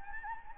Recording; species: mosquito wingbeat signal from an infrared sensor; Anopheles gambiae